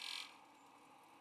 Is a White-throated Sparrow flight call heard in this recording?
no